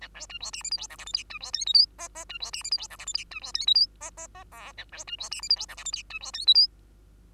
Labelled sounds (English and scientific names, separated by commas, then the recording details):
Bengalese Finch (Lonchura striata domestica) song
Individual Bird2